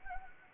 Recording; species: mosquito wingbeat signal from an infrared sensor; Anopheles gambiae